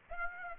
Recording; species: mosquito wingbeat signal from an infrared sensor; Aedes aegypti